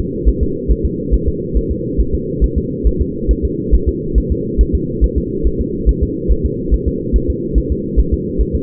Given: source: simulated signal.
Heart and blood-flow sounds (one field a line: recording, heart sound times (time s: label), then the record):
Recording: fetal heart sounds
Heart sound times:
0.29 s: S1
0.43 s: S2
0.71 s: S1
0.85 s: S2
1.14 s: S1
1.28 s: S2
1.57 s: S1
1.71 s: S2
2.00 s: S1
2.14 s: S2
2.44 s: S1
2.58 s: S2
2.87 s: S1
3.01 s: S2
3.31 s: S1
3.45 s: S2
3.74 s: S1
3.89 s: S2
4.18 s: S1
4.32 s: S2
4.61 s: S1
4.75 s: S2
5.04 s: S1
5.18 s: S2
5.47 s: S1
5.61 s: S2
5.89 s: S1
6.03 s: S2
6.32 s: S1
6.46 s: S2
6.74 s: S1
6.88 s: S2
7.16 s: S1
7.30 s: S2
7.58 s: S1
7.72 s: S2
8.00 s: S1
8.14 s: S2
8.41 s: S1
8.55 s: S2
From the record:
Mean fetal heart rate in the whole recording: 140 bpm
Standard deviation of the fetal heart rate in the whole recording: 2 bpm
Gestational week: 34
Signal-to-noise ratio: -6.6 dB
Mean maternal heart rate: 72 bpm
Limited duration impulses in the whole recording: present